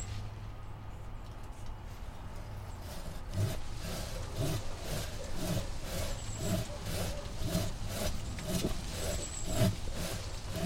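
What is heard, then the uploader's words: Someone cuts a small apple tree with a hand saw in rhythmic rasping strokes about once a second after a quiet start, over a low hum. I recorded cutting down two small apple trees in our backyard. I changed the mic set-up about half way through the recording.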